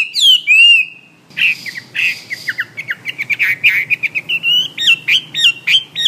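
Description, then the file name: Hwamei singing: a few clear whistled slurs, then a fast series of sharp repeated notes that turn into looping whistled phrases. "omkicau hwamey"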